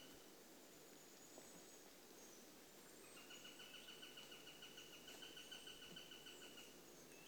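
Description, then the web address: Eurasian sparrowhawk alarm call: a fast run of repeated high notes starting midway and stopping shortly before the end, over a constant hiss of background noise. "The BBC Sound Effects Library. Sparrowhawk (Accipiter Nisus)"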